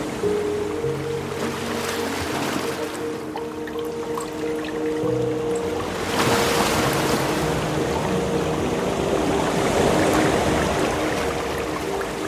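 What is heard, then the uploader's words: Waves wash in with a steady, dense rush of water that swells noticeably around the six-second mark and stays fuller afterward. Underneath runs a low, constant engine-like hum with faint tonal lines, as if a boat idles. Tranquil Waves & Serene Sounds.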